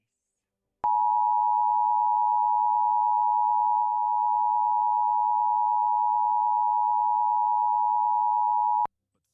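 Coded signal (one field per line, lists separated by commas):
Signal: Emergency Alert System (SAME) tones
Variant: 853 and 960 Hz attention tone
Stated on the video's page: Real flash flood warning EAS activation aired on a TV subchannel.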